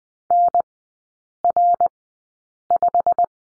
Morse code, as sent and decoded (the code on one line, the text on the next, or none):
-. .-. .....
NR5